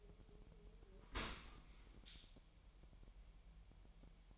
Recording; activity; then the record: daily activity, microphone in the room; open dishwasher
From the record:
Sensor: 1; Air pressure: 1000.6 hPa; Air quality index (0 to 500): 248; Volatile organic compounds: 144 ppm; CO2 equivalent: 3997 ppm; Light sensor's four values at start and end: 11/28/11/12 and 11/28/11/12